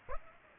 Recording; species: mosquito wingbeat signal from an infrared sensor; Aedes aegypti